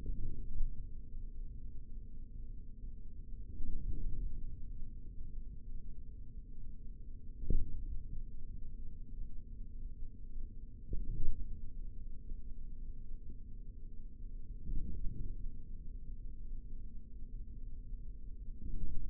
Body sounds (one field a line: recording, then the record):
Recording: forearm muscle sounds (acoustic myography)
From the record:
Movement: forearm supination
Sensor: system 3, bracelet of six PUI Audio POM-2738L microphones around the upper forearm, with dedicated amplification and filtering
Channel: 3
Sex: male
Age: 25 years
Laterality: right